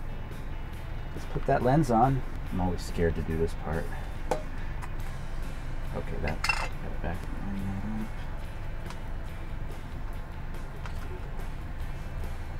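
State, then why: Not seated. An interchangeable lens is handled at the bayonet mount of a Canon EOS M50 mirrorless camera body while someone talks, with a few light clinks and handling taps. Nothing has seated or clicked into place yet.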